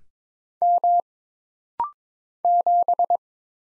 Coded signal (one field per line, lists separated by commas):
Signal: Morse code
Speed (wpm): 22 wpm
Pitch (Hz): 700 Hz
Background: none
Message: M 7